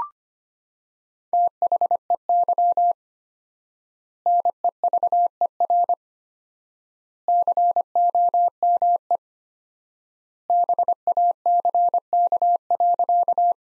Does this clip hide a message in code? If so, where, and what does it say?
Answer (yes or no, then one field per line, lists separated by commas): yes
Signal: Morse code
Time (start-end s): 1.3-13.5 s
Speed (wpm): 25 wpm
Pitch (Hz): 700 Hz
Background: none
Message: THEY NEVER COME BACK.